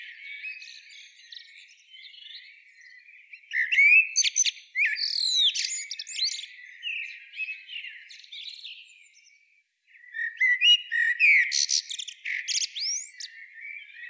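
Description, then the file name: Common blackbird singing: soft, mellow warbles building into loud, squeaky, twittering flourishes, a brief gap, then another rich burst of chirps and whistles. "Turdus merula"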